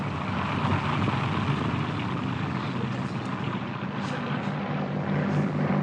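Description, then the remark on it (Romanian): A small propeller plane flown by a young pilot drones steadily as it comes in to land, its engine a loud, continuous low buzzing roar with a rough hiss layered on top and no pauses. “Ba nu, a luat înălțime. Acum trăznește avionul de pământ.”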